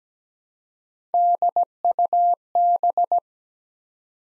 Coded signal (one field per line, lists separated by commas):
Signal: Morse code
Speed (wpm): 17 wpm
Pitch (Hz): 700 Hz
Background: none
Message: DUB